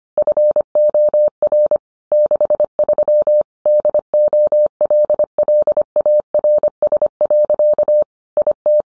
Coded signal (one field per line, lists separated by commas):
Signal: Morse code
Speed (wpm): 25 wpm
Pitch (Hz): 600 Hz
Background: none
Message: FOR 63 DOLLARS. IT